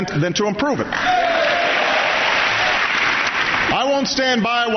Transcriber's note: applause